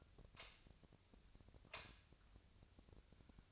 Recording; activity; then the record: daily activity, microphone in the room; light on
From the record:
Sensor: 2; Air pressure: 1009.7 hPa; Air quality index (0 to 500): 183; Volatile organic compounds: 11 ppm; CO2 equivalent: 2286 ppm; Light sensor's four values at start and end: 28/68/29/32 and 33/85/36/38